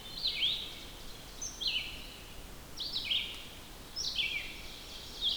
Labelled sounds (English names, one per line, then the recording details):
Red-eyed Vireo song
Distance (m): 40 m
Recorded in boreal forest in Alberta, Canada, on 14 June 2016 at 06:54
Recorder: SongMeter 3, array SBT-3-33
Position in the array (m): 148 m, 176 m